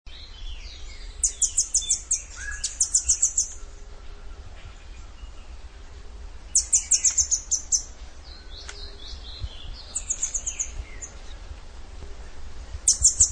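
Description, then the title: Rufous-headed tanager singing short bursts of fast, very high-pitched ticking notes, repeated every few seconds. "LuckyPassaro Completos2Sama. Rufous-headed Tanager (Hemithraupis ruficapilla)"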